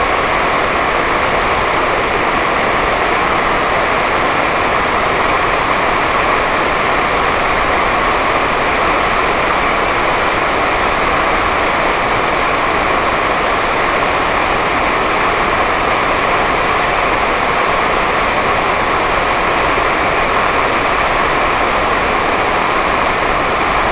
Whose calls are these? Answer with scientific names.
none